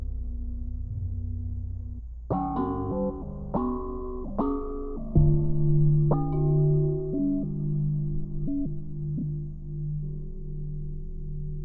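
Everyday objects like pot lids and glasses are struck one after another, each hit starting a sharp clang that rings on in clear, layered tones. About six strikes fall between two and six seconds over a low hum, then the ringing slowly wavers and fades.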